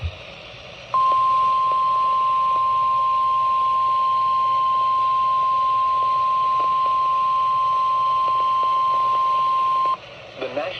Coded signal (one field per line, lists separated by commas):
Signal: Emergency Alert System (SAME) tones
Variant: 1050 Hz attention tone